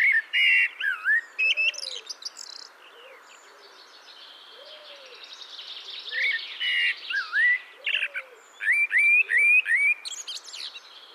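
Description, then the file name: Eurasian blackbird song: fluty, warbling phrases mixed with high squeaky twitters, with soft low arching notes repeating several times. Song excerpt from Lyngs. "Solsort Lyngs-uddrag"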